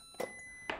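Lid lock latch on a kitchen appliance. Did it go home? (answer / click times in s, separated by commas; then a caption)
yes / 0.7 s. After start is pressed on a kitchen appliance's cleaning mode, a beep-like tone sounds at about 0.2 s. A sharp, short latching hit follows at 0.7 s as the appliance's lid lock engages and locks into place.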